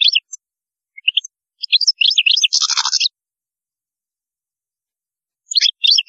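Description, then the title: European goldfinch song: bright tinkling twitters with one harsh buzzy burst, bursts of notes early on, then a pause before twittering resumes. "Chant Chardonneret"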